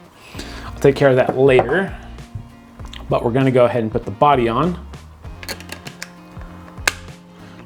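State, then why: Seated. A Hasselblad 907X camera body is fitted onto its CFV 100C medium format digital back while someone talks. After several light handling taps, the body latches with a sharp, satisfying click at 6.9 s and is seated.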